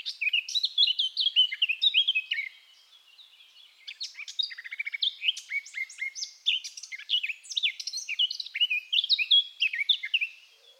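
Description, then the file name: Eurasian blackcap giving continuous rich warbling, a mix of fluty whistles and scratchy chatter, with a brief pause after about two and a half seconds. "Sylvia atricapilla"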